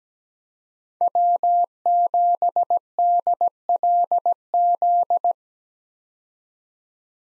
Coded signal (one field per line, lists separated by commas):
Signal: Morse code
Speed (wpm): 17 wpm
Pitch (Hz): 700 Hz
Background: none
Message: W7DLZ